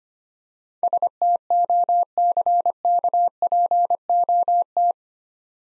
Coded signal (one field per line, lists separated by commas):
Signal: Morse code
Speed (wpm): 28 wpm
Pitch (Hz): 700 Hz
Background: none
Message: STOCKPOT